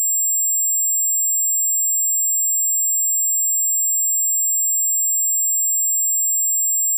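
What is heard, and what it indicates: A loopable simulated tinnitus sound: a steady, high-pitched ringing made of constant tones at about 7 to 16 kHz, with no low-frequency content, unchanged throughout.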